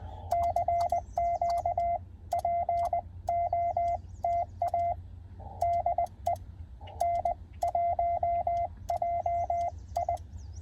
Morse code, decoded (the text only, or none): CQ POTA DE N1JI